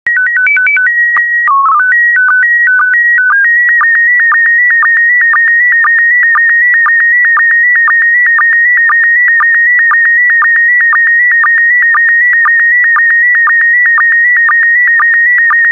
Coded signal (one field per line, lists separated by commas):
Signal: SSTV (slow-scan television)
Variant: PD 120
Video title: 10000 Air Shows SSTV PD120